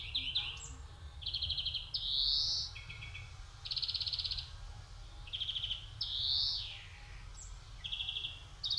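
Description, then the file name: European greenfinch alternating dry rattling trills and upward-sliding wheezy calls, with a few quick downslurred notes scattered between, against low background noise. "Chloris chloris"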